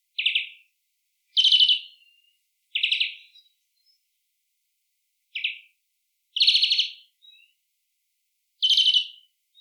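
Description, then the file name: Greenfinch uttering short rattled chirps at irregular intervals, some stronger and buzzier than others, in quiet surroundings. "Chloris chloris"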